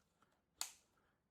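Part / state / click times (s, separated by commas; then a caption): tool pouch quick-release mount into belt holster / seated / 0.6 s. A fabric tool pouch slides onto a quick-release rotating holster mount worn on a belt and latches with a single sharp, bright click at 0.6 s. The click rings briefly before fading into quiet background, and the pouch is seated and secure.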